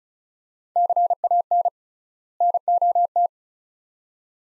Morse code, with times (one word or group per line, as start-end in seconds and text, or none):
0.8-1.7 CAN
2.4-3.3 NOT